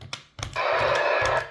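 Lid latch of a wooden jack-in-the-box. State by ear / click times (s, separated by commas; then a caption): not seated / none. The wooden lid of a handmade jack-in-the-box is closed and tried against its latch before the mechanism has been reset, so it does not lock. Brief knocks at about 0.0, 0.1 and 0.4 s give way to a steady handling noise from about 0.6 to 1.5 s that fades at the end. Nothing has latched or clicked yet.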